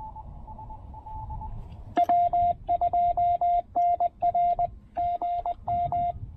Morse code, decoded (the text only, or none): W2NR GM